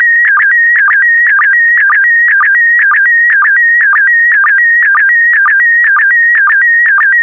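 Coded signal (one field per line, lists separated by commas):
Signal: SSTV (slow-scan television)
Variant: PD120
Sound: warbling tone near 2 kHz with quick low blips about twice a second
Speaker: the next image transmission will start in 10 seconds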